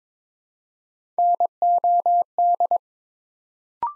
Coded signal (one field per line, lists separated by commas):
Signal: Morse code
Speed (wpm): 23 wpm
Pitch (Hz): 700 Hz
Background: none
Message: NOD